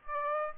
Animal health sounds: mosquito wingbeat signal from an infrared sensor; Aedes aegypti

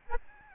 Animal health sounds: mosquito wingbeat signal from an infrared sensor; Aedes albopictus

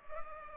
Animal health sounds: mosquito wingbeat signal from an infrared sensor; Culex pipiens

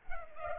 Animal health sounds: mosquito wingbeat signal from an infrared sensor; Culex pipiens

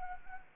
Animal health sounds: mosquito wingbeat signal from an infrared sensor; Anopheles arabiensis

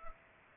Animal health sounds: mosquito wingbeat signal from an infrared sensor; Culex pipiens

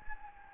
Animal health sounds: mosquito wingbeat signal from an infrared sensor; Anopheles gambiae

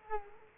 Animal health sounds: mosquito wingbeat signal from an infrared sensor; Culex quinquefasciatus

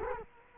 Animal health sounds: mosquito wingbeat signal from an infrared sensor; Culex quinquefasciatus

